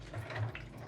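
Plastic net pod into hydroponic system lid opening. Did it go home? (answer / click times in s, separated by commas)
no / none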